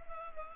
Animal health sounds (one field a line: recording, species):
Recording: mosquito wingbeat signal from an infrared sensor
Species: Culex pipiens